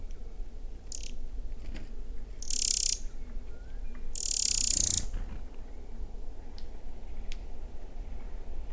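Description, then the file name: Eurasian wren giving short, dry, high-pitched rattling bursts, two longer ones near the middle and fainter brief ticks around them, over a steady low rumble. "Troglodytes troglodytes"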